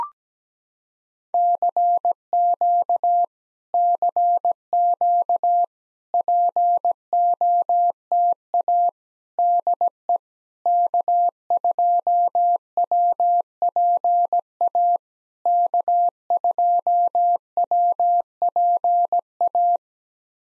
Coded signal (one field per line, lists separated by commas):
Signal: Morse code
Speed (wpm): 17 wpm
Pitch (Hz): 700 Hz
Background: none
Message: CQ CQ POTA DE K2WPA K2WPA